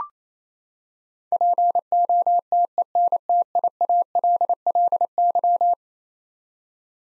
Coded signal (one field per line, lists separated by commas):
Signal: Morse code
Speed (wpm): 28 wpm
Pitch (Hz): 700 Hz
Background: none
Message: POTENTIALLY